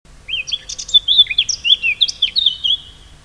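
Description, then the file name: Eurasian blackcap giving a rapid, continuous warble of high, varied chirps and slurred notes. "Sylvia atricapilla"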